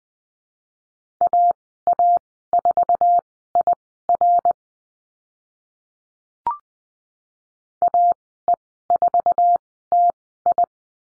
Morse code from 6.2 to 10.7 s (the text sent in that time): AE4TI